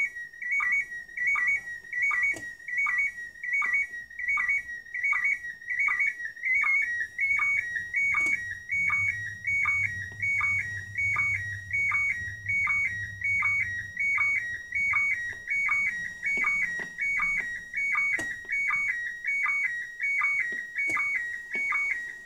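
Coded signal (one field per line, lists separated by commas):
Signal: SSTV (slow-scan television)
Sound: steady high warbling tones stepping in pitch, with short low blips about every 0.75 seconds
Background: radio static, low hum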